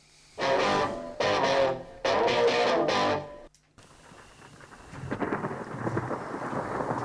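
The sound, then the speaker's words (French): A thunderstorm sound effect: four heavy, crackling rumbles of thunder roll in quick succession, then give way to a steady hiss of rain that grows slightly louder. No one speaks. “Ah, je vais vous lancer un petit bruitage pour vous donner une impulsion.”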